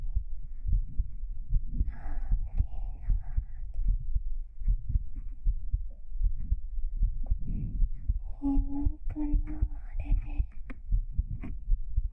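Soft, dull low thumps of a heartbeat repeat at about 77 a minute, boosted and picked up close with a microphone, with an uneven beat pattern in places. Brief faint tonal hums and squeaky vocal sounds drift over the beats.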